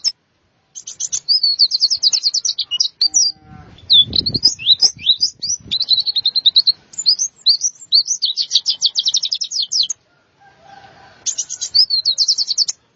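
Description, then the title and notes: White-eye singing long, fast, high trills mixed with jumbled chirpy notes, pausing briefly before resuming; a short low noise sounds partway through. "Suara kicauan burung pleci"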